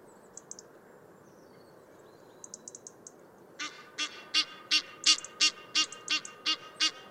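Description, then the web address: Egyptian goose calling: a few faint high chirps at first, then a loud series of harsh, nasal honks, about three a second. "Tierstimmen Nilgans"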